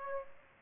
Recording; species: mosquito wingbeat signal from an infrared sensor; Aedes aegypti